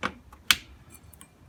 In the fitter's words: snap into place